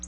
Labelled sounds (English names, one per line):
Black-throated Blue Warbler flight call